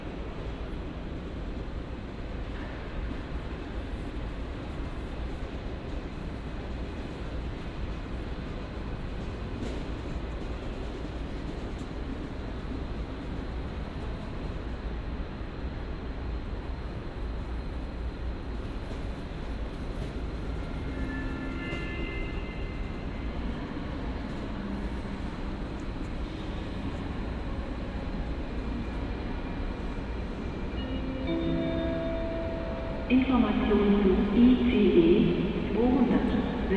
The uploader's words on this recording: Cologne Central Station | Train station sounds. Recorded on Cologne Central Station. Sound of trains, people and station announcements.